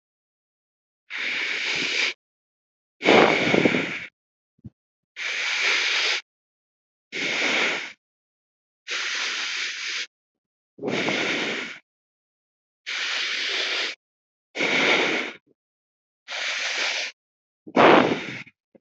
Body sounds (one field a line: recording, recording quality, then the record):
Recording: deep breathing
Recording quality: excellent, no background noise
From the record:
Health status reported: healthy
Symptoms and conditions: none ticked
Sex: male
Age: 26 years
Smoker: not ticked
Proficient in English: yes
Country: India